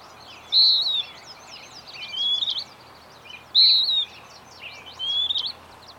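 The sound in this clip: High whistled bird song: a loud clear phrase repeated about every three seconds with rising whistles between, over a dense background of chirps.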